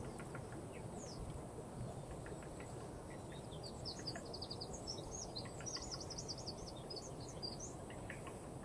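Eurasian wren song: a run of rapid, high-pitched twittering notes and trills through the second half, partly masked by a constant heavy low rumble of background noise.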